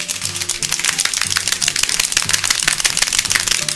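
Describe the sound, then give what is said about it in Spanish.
A group claps together in a dense, steady round of applause to open a Sunday radio programme, many bright overlapping hand claps sounding continuously at an even loudness with no voices on top. “Un palmeteo general.”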